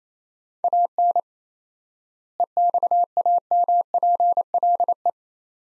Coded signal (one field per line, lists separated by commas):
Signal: Morse code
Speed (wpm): 28 wpm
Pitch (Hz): 700 Hz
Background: none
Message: AN EXAMPLE